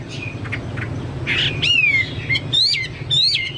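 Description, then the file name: Chinese hwamei song: a few scratchy notes, then loud drawn-out sliding whistles over a steady low hum. "hwamei-2-omkicau"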